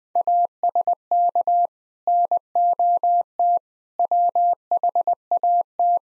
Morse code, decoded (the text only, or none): ASK NOT WHAT